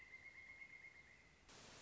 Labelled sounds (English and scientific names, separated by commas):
Pileated Woodpecker (Dryocopus pileatus)